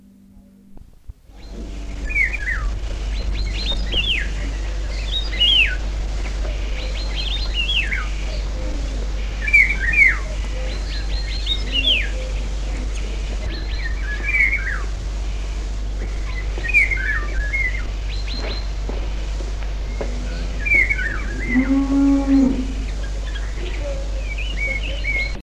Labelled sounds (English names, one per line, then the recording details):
European Starling song
Common Cuckoo
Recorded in the wild
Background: Cuculus canorus, Bos taurus f. taurus
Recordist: Meyer, Hugo
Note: Gesang, zum Teil Nachahmung des Pirol-Gesangs